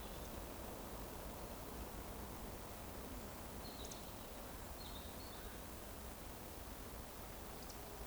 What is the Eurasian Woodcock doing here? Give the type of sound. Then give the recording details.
whistle. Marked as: whistle, whistle, whistle. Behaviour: display flight. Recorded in Baden-Württemberg, Germany, on 24 June 2020 at 19:53 UTC. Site 14569, 102 m above sea level